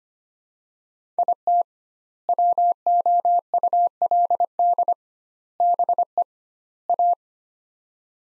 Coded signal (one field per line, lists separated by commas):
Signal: Morse code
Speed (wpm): 25 wpm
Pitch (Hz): 700 Hz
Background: none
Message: IT WOULD BE A